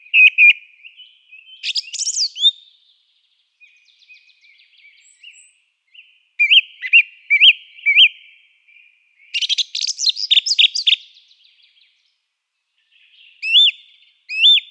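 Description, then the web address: Song thrush singing a string of distinct phrases with pauses: clear whistles, rattling notes and a brief doubled whistle near the end, all high and crisp. "Schulze Peter Song Thrush song"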